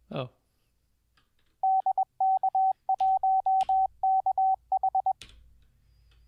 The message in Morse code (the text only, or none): DK1KH